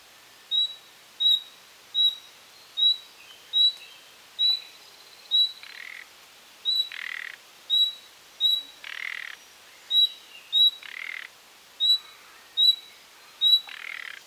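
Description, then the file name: Common nightingale giving steady, thin whistled notes over and over, more than once a second, broken up by several harsh, grating rattles. "Luscinia megarhynchos"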